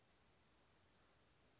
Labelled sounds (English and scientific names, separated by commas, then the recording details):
Western Flycatcher (Empidonax difficilis)
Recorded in Sonoma County, California